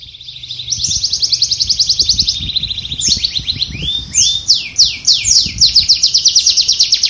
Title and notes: Suara Burung Kenari Masteran. master suara burung kenari